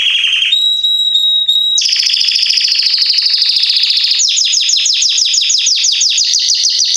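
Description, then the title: Belgian canary singing continuously: a steady whistled tone, a buzzy rolling trill, then fast repeated downward-sweeping notes, loud throughout. Male Belgian canary named Salsa singing very strongly and a lot; used to warm up young birds. "Canary Training Esquente Seu Filhote E Canario Belga Em 30 Minutos Macho Cantando Muito. Canrio Belga Salsa cantando muito forte"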